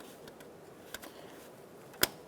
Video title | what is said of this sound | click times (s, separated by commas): How to Replace Variable Valve Timing Solenoid 2002-2006 Honda CR-V 2.4L L4 | You want to hear a click and check your connector. Make sure it's tight. | 2.0 s